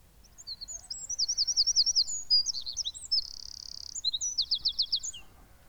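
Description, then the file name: Eurasian wren song, a rapid high-pitched outpouring of sharp notes, buzzy trills and a sustained rattling reel, delivered loudly for about five seconds. "Troglodytes troglodytes"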